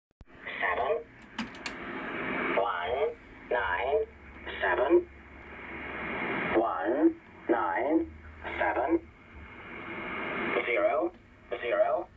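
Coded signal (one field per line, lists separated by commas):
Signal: numbers station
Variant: E07a "The English Man"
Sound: a male voice reading short, evenly spaced words over crackling shortwave hiss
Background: radio static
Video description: This is E07a "The English Man"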